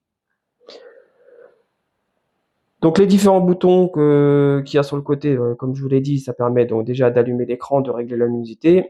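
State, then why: Seated. A small preview monitor screen is pressed onto its support mounted on a tripod and clips on perfectly, with a single short click at 0.7 s and a faint second rustle around 1.4 s. After a brief silence, someone talks from about 2.8 s to the end.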